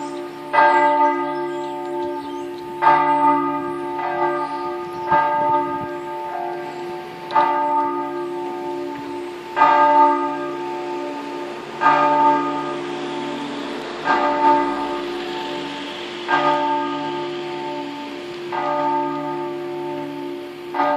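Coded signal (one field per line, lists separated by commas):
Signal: bell signal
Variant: single swinging bell (distesa)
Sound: one church bell swinging, struck repeatedly with ringing overlapping tones, slightly irregular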